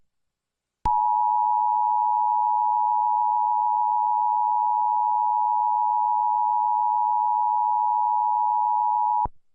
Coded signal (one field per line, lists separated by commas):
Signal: Emergency Alert System (SAME) tones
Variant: 853 and 960 Hz attention tone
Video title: Tornado Warning EAS warning